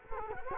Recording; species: mosquito wingbeat signal from an infrared sensor; Culex quinquefasciatus